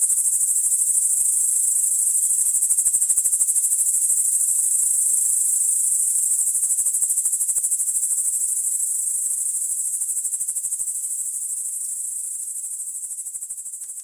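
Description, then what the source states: Crickets trilling together in a shrill, rapidly pulsing drone that stays even at first, then gradually fades toward the end. Crickets recorded in the Emmental.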